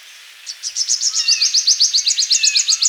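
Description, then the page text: Purple sunbird song: a quick series of sharp, high repeated notes, about eight per second, with faint lower whistled slurs. "Purple Sunbird Song. Quick Sounds library"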